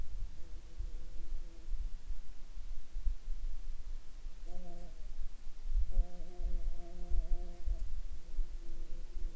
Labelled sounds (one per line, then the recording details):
insects
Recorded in Ivvavik National Park, Yukon, on 29 May 2019 at 00:39
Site SINP09